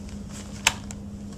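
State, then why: Seated. The plastic napper/changer half of a Graco Playard Napper bassinet is rotated 180° and pushed down, snapping sharply into place at 0.7 s over a steady low hum, with a fainter tick at about 0.9 s. The component is locked in and firmly connected.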